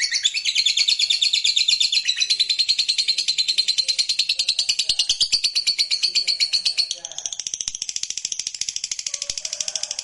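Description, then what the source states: Lovebird chattering song, a dense rapid series of high squeaky notes that changes into a softer, thinner, buzzier rattle near the end. Lovebird song used to stimulate other lovebirds.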